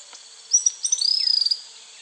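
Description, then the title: Cattle tyrant giving thin, very high squeaky notes, then a quick run of about a dozen sharp, stuttering notes lasting under a second, over a faint high hiss. Subspecies Machetornis rixosa rixosa. "LuckyPassaro Completos2Sama. Cattle Tyrant (Machetornis rixosa rixosa)"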